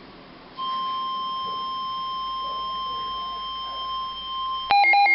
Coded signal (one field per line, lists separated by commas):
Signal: Emergency Alert System (SAME) tones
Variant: 1050 Hz attention tone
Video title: EAS MOCK: NWRgeek's blizzard event (April Fools 2012)